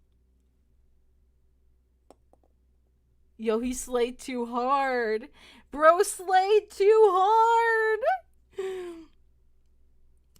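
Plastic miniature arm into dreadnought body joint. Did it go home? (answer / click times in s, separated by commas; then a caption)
yes / 10.4 s. The loose plastic arm of a painted miniature dreadnought, which came off after being posed, is pushed back into its joint in the body. Someone talks through the middle of the clip, with faint ticks near 2.1 and 2.3 s. A sharp click at 10.4 s marks the arm seating back into place easily.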